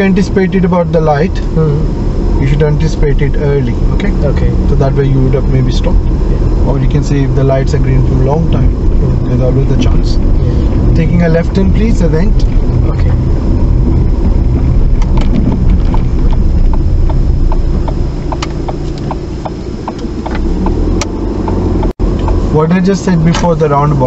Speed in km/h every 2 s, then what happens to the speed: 19, 18, 19, 21, 24, 23, 19, 13, 8, 3, 11, 15.
0-11 steady at about 19. 11-17 slows to 3. 17-24 speeds up to 15.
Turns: none.